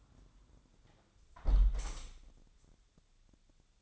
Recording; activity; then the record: daily activity, microphone in the room; close window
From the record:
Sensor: 3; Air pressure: 1000.4 hPa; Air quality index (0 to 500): 142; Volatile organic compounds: 2 ppm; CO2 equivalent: 1235 ppm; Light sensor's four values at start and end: 13/35/14/15 and 12/34/13/14